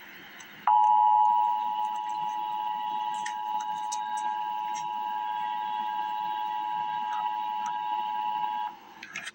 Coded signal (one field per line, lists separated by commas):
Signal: Emergency Alert System (SAME) tones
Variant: 853 and 960 Hz attention tone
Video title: Emergency Alert System - Winter Weather Advisory - Feb 5, 2025 at 2:46 AM EST